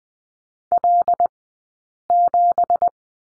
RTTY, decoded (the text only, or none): none